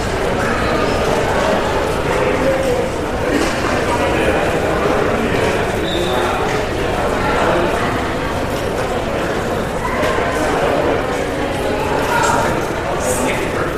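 An airport check-in hall: a steady, dense murmur of passengers' voices over a low rumble, with occasional faint clicks and footsteps throughout.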